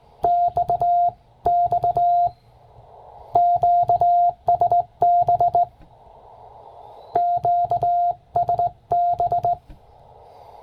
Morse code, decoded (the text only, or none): XX QSB QSB